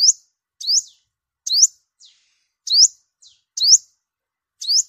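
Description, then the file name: Sunbird: thin, high upswept chips from a sunbird, repeated about once a second with quieter short notes in between. Vietnamese name: hút mật 5 màu, the five-colour sunbird. "tieng-hut-mat-5-mau-liu"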